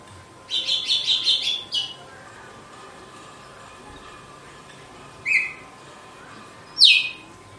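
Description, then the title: Red-cowled cardinal with a fast stuttering chatter, then silence, then two separate sharp whistled notes. Female song; style called açoite, described as pure, strong, clean and evenly measured. "Canto Galo Campina Fêmea. GALO DE CAMPINA, AÇOITE PURO, FORTE, LIMPO E COMPASSADO"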